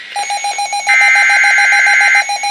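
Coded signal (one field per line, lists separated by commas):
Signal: Emergency Alert System (SAME) tones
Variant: header bursts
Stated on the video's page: Real warning; a WR-300 weather radio failed to alert.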